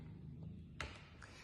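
A crimped RJ45 plug is pushed fully into a cable tester socket, all the way in. A sharp click is heard at 0.8 s over a low background hum, with a fainter tap near 1.2 s, and the plug is seated.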